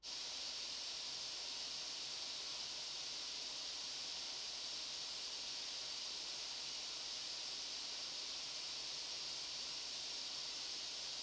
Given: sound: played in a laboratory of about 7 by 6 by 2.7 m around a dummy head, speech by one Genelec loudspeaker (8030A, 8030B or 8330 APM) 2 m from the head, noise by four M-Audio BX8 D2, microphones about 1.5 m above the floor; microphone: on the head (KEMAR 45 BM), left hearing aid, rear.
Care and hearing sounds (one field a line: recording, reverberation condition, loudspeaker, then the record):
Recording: white noise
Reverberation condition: medium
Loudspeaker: four, about 170 cm from the corners of the room and facing them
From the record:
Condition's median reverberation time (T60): about 510 ms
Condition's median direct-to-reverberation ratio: about -0.5 dB